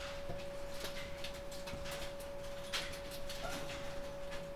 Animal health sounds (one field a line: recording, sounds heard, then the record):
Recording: poultry house recording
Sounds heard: healthy chickens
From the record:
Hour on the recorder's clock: 12